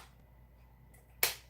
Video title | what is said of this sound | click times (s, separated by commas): Legos instead of Suicidal Ideation #WaltonBigfootJames #autism #cptsd #short #shorts | yes very satisfying snap | 1.2 s